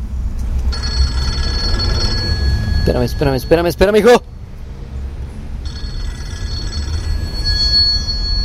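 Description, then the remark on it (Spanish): A telephone bell rings in two long bursts of steady, high, buzzing tone, separated by a brief pause in which a voice speaks a few words over a low background rumble. “Rings de teléfono.”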